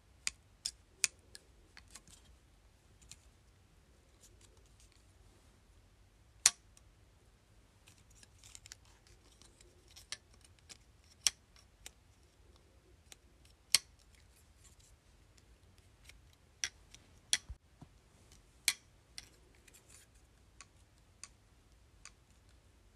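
Hair clips click and snap in sharp, irregular bursts, some clustered quickly, others spaced seconds apart, over a faint low hum.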